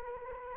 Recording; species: mosquito wingbeat signal from an infrared sensor; Anopheles arabiensis